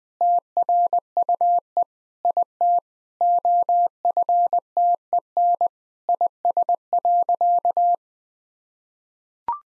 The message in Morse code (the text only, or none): TRUE IT OFTEN IS.